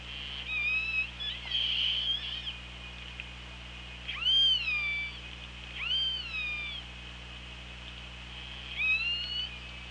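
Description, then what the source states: Orca calls, harmonic tones that leap upward then slide down, repeated every couple of seconds with a softer rising call at the end, over low hum. Recorded on an OrcaLab hydrophone underwater, 24 August 2017 at 17:27.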